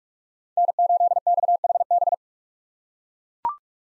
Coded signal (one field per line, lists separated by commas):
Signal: Morse code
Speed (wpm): 40 wpm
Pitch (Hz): 700 Hz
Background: none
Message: N8XHB